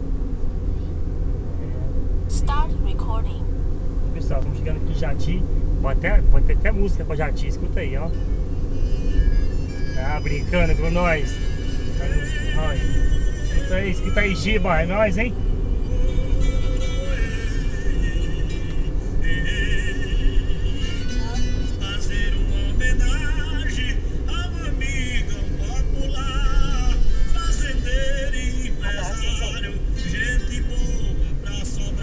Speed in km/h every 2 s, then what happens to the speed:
66, 69, 70, 69, 70, 71, 72, 74, 75, 74, 70, 65, 60, 56, 53, 53.
0-18 steady at about 70. 18-27 slows to 53.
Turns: none.